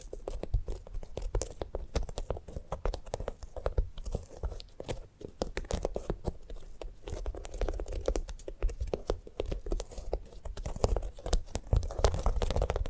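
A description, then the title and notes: A sunflower head is handled for ASMR, producing a dense, continuous patter of dry crackles and scratchy clicks. The sound stays busy and fairly even for the whole thirteen seconds, with a soft low rumble underneath and a few brief, quieter dips. ASMR of a Sunflower Head (No Talking).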